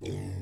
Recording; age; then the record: pig call; weaner (32 to 43 days)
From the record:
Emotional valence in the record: positive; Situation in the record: positive conditioning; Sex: female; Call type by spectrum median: low-frequency call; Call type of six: low-frequency stable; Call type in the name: low-frequency stable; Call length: 0.42 s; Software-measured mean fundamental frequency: 47 Hz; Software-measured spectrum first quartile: 111 Hz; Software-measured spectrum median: 248 Hz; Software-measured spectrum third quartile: 617 Hz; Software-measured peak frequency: 112 Hz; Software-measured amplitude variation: 116 dB a second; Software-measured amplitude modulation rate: 34.8 a second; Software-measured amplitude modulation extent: 3.3 dB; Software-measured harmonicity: 3.2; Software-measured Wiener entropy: -0.62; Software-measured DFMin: 1538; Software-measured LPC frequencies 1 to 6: 361, 2276, 3426, 4964, 5554, 6821 Hz